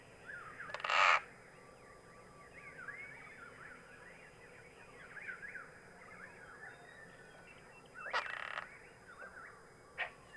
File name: Cliff Swallow